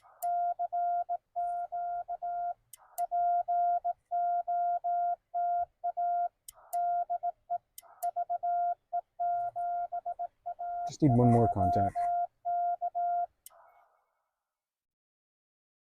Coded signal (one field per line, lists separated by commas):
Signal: Morse code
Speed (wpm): 18 wpm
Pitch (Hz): 700 Hz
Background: speech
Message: CQ POTA DE VE7AJK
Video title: Parks on the Air CW: A Newbie's Live Parks Activation with CW Subtitles for learning